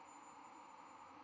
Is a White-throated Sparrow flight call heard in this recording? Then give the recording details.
no. No flight call is heard. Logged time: 04:38 on 13 November 2014